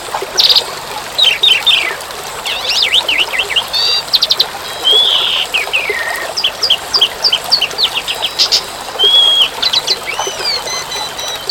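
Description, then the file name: Asian pied starling song of mixed whistles, rising and falling slurs and rattles, with pauses between phrases and a soft background hiss like rain. "suara burung jalak suren dan tengah hujan"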